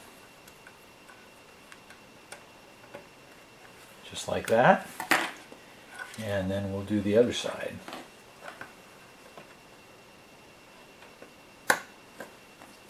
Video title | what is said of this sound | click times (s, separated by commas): 1/14 Tamiya Flatbed Grand Hauler - Add Sound & Lights MFC-01 | so there they are snapped in place now I've | 11.7 s